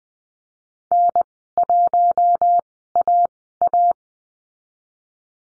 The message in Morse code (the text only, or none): N1AA